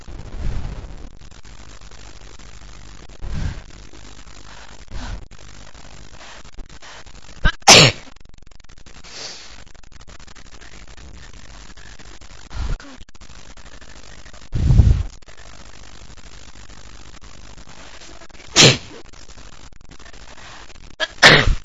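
Adult female sneezing repeatedly, several sharp sneezes spread over about 20 seconds.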